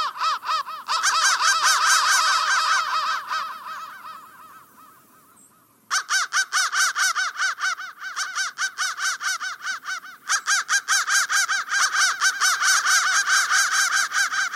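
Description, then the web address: Crow cawing in a dense, harsh stream that fades almost to silence, then renewed caws, loud and rapid, running on to the end. "soundfactory crow 1"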